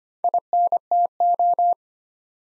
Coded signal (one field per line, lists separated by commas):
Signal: Morse code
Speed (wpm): 26 wpm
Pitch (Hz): 700 Hz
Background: none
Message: INTO